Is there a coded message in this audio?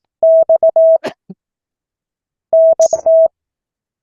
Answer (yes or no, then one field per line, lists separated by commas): yes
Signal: Morse code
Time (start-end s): 0.2-3.3 s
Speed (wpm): 18 wpm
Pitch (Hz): 650 Hz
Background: none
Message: X NT